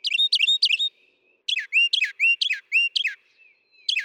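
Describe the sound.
Northern mockingbird song: loud, varied phrases of sharp, bright notes, each type repeated several times in quick bursts before switching to a new sound.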